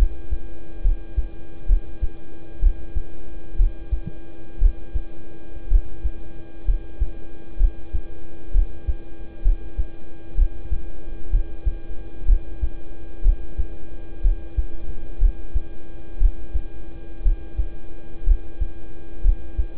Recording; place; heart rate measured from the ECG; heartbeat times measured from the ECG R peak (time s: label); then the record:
heart sounds by stethoscope; between the tricuspid and mitral areas; 62 bpm
0.81 s: heartbeat
1.66 s: heartbeat
2.59 s: heartbeat
3.56 s: heartbeat
4.58 s: heartbeat
5.68 s: heartbeat
6.64 s: heartbeat
7.57 s: heartbeat
8.51 s: heartbeat
9.42 s: heartbeat
10.35 s: heartbeat
11.30 s: heartbeat
12.25 s: heartbeat
13.22 s: heartbeat
14.21 s: heartbeat
15.18 s: heartbeat
16.17 s: heartbeat
17.22 s: heartbeat
18.23 s: heartbeat
19.21 s: heartbeat
From the record:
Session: rest, lying down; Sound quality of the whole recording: good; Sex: male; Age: 26 years